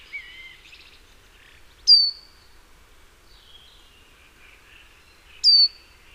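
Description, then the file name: Great tit calls: two sharp, high, downslurred notes a few seconds apart. "Parus major"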